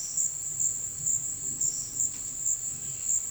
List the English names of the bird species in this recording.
none